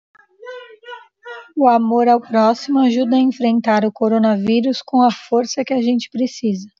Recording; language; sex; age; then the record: spoken sentence; Brazilian Portuguese; female; 30 to 39 years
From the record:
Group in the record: control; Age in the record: 30 years